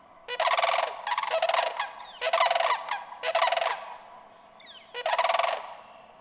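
Sandhill crane with several rolling, trumpeting rattles in quick succession, then a pause and one more call.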